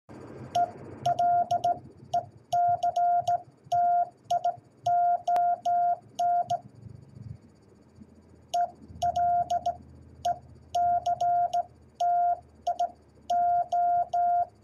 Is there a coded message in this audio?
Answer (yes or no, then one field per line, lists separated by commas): yes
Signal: Morse code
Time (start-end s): 0.6-14.4 s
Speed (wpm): 16 wpm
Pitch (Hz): 700 Hz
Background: radio noise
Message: ELECTION ELECTIO